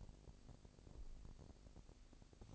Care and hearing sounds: daily activity, microphone in the room; make coffee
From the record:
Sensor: 5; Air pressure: 1007.4 hPa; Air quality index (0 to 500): 127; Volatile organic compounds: 1 ppm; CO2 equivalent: 964 ppm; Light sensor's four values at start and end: 28/64/26/27 and 27/64/26/27

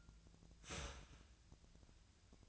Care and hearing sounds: daily activity, microphone in the room; start toaster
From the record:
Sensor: 2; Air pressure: 1009.1 hPa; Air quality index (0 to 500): 186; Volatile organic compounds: 11 ppm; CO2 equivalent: 2303 ppm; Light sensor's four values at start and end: 23/57/24/26 and 23/57/24/26

